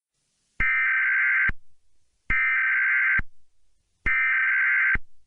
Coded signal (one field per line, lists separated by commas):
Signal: Emergency Alert System (SAME) tones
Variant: header bursts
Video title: EAS Scenario - Apocalyptic Weather